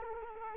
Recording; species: mosquito wingbeat signal from an infrared sensor; Culex quinquefasciatus